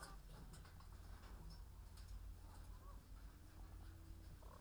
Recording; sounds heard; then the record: poultry house recording; sick chickens (respiratory disease)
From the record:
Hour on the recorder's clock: 15